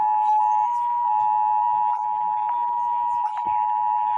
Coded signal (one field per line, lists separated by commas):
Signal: Emergency Alert System (SAME) tones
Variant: 853 and 960 Hz attention tone